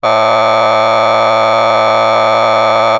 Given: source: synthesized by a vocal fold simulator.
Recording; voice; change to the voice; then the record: sustained vowel; male; a random mix of aspiration noise, stiffness perturbation and strain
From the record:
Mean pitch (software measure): 110 Hz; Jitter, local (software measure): 2.99%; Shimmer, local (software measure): 3.0%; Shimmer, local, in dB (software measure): 0.31 dB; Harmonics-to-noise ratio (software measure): 6.5 dB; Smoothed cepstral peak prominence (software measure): 13.2 dB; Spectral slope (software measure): -12.9 dB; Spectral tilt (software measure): -9.9 dB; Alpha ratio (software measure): -3.3 dB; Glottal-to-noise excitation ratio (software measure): 0.979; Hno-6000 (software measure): 1.8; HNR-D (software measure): 21.3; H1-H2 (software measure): 0.5 dB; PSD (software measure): 2.2e-04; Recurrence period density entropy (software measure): 0.127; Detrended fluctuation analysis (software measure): 0.0323